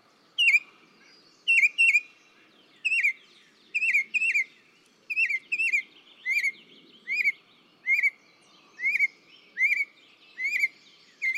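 Northern mockingbird song: slurred, hooked chirps repeated many times.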